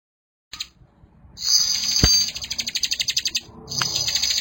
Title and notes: Kicau Ciblek. putri sherin. kumpulan suara burung ciblek gacor dan anakan